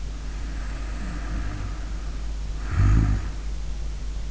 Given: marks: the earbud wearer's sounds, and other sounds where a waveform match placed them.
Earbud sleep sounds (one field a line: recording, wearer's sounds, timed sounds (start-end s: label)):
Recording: sounds in sleep by an in-ear microphone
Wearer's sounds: snoring breath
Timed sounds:
0.05-3.53 s: snoring breath